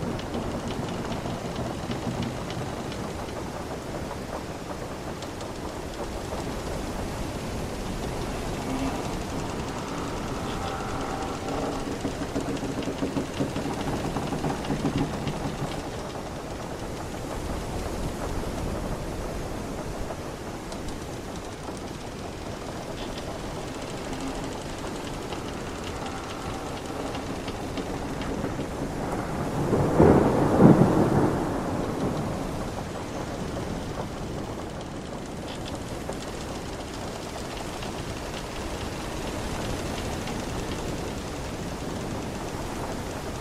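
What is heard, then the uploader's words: Water runs steadily against an old ship's hull, a dense, even wash that barely changes across the whole stretch. Faint creaks and groans of the planks surface now and then, and around the thirty-second mark a louder, deeper surge swells briefly before settling. Old creaking ship at sea. You will hear its planks creaking and the water running against its body.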